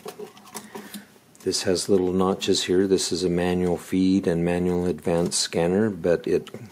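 A plastic 35mm negative film strip holder is pushed by hand into the slot of a Plustek OpticFilm 8200i SE film scanner, a manual-feed, manual-advance model. The notched holder clicks into place at 0.6 s and 0.9 s and is seated. Then someone talks.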